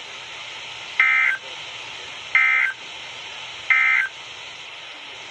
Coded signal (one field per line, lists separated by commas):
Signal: Emergency Alert System (SAME) tones